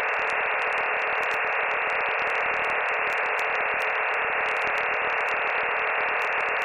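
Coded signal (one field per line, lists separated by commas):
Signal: digital SSTV (DRM)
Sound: steady dense rushing hiss confined to a midrange band, unchanging for the whole clip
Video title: Data bij de Daily Minutes Podcast (DRM, Fldigi) 15 september 2019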